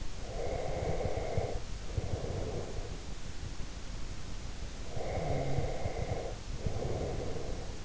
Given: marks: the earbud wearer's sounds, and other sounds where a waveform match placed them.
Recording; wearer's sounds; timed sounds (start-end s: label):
sounds in sleep by an in-ear microphone; breath
0.14-3.00 s: breath
4.87-7.85 s: breath